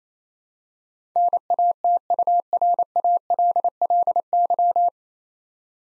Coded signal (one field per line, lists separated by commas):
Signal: Morse code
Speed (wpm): 29 wpm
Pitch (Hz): 700 Hz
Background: none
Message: NATURALLY